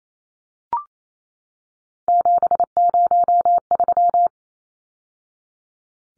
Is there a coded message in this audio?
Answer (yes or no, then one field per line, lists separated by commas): yes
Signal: Morse code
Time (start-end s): 2.1-4.3 s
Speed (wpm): 28 wpm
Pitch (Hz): 700 Hz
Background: none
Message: 703